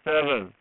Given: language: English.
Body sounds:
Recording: throat vibration sensor signal played as sound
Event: speech

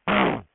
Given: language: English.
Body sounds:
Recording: throat vibration sensor signal played as sound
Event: throat clearing

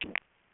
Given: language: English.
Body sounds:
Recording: throat vibration sensor signal played as sound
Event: swallow

